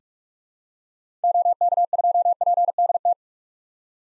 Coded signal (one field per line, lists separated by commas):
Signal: Morse code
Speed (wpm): 44 wpm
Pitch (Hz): 700 Hz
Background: none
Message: OK2PDT